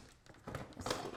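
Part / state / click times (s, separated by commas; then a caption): beauty dish on light mount ring / not seated / none. A Glow EZ Lock beauty dish is twisted onto its mounting ring, lined up with the rims, to lock it onto a studio light, giving several soft taps and clicks with a louder pair around 0.9 seconds. The dish has not locked onto the mount yet.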